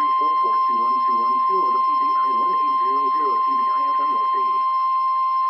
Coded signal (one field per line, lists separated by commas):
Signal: Emergency Alert System (SAME) tones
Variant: 1050 Hz attention tone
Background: speech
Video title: EAS #13 - EAS #14:10:45 P.M. Wake Up Call! - EAS Alerts from 10/19/21.